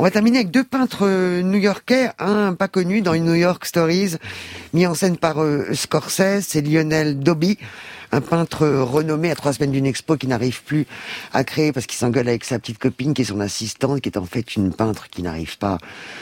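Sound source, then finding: Adult male speaker. Normal speech.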